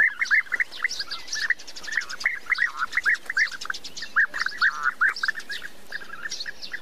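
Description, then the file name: European bee-eater trilled, liquid notes overlapping in a loose chorus, as if several birds call together, with higher chirps and soft background hiss. "Canto do Abelharuco"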